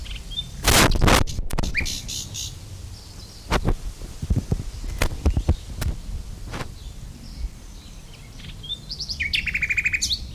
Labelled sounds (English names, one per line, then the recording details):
Common Nightingale song
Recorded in the wild
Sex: male
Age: adult
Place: Lübars, Sprintsteig, Berlin, DE
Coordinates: 52.6167, 13.3481
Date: 1998-05-01 11:27
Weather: fair, 17°C
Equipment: Sony MD-WM MZ-R3, Sennheiser MKH 416 T, Kopie Uher 4000 Report Monitor
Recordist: Tembrock, Günter